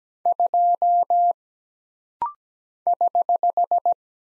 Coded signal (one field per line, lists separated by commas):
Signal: Morse code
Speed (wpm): 17 wpm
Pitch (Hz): 700 Hz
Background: none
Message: 2 <HH>